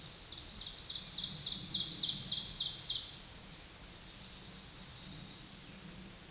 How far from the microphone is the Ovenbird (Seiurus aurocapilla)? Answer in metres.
about 30 m